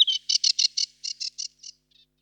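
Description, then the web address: Sedge warbler song, a quick run of about ten dry, chattering notes that weaken and fade toward the end. "IVN Zangvogels. Rietzanger"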